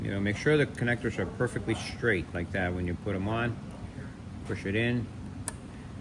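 Someone talks while a plastic wiring harness connector is pushed straight onto a MAP sensor. A sharp click at 5.5 s shows the connector seating, and it is then locked in place.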